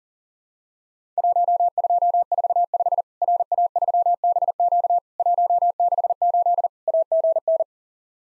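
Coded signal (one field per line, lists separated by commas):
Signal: Morse code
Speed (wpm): 38 wpm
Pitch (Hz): 700 Hz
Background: none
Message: 1245 RA3BQ 168 AGN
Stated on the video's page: Simulated Worked All Europe DX Contest CW QTC exchange practice at 40 wpm, with repeat requests.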